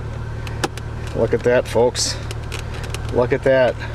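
The plastic shift-indicator trim surround on the center console of a 2006 Corolla is pushed back down until its clips engage, giving a sharp snap at 0.6 s as it pops into place. A few fainter clicks and taps follow, and someone talks, with a steady low hum underneath.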